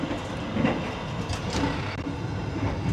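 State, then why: Not seated. A toilet door lock bolt is being handled against the door frame inside a Taksaka New Generation executive train car, with a steady rumble and rattle from the moving train throughout. No sharp click is heard, and the lock has not latched shut yet.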